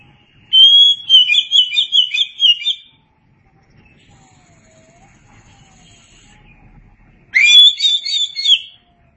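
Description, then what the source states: Oriental magpie-robin singing two bursts of rapid, varied whistles and chirps, separated by about four seconds of quiet with faint soft background notes. Kacer song.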